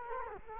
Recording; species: mosquito wingbeat signal from an infrared sensor; Culex quinquefasciatus